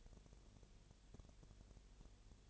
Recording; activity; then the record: daily activity, microphone in the room; no activity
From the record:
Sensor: 4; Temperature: 22.7 degrees Celsius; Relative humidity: 32.0%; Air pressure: 1008.1 hPa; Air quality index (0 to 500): 114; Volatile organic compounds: 2 ppm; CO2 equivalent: 1104 ppm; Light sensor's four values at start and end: 2/3/1/1 and 2/3/1/1